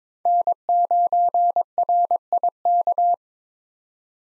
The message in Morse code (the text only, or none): N9RIK